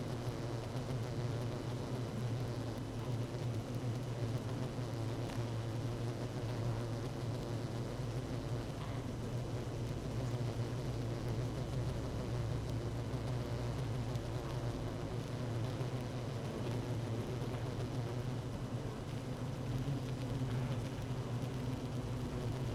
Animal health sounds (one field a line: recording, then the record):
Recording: honeybee colony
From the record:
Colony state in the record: active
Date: 12 June 2018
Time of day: 16:51